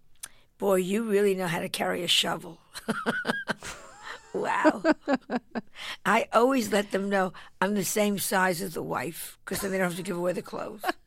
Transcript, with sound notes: boy, you really know how to carry a shovel. Wow.
(LAUGHTER)
I always let them know that I'm the same size as the wife because then they don't have to give away the clothes.